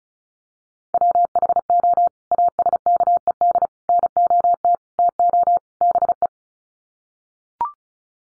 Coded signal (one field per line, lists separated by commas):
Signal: Morse code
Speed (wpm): 34 wpm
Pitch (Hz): 700 Hz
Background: none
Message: WHO ASKED NOT TO BE